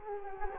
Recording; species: mosquito wingbeat signal from an infrared sensor; Culex quinquefasciatus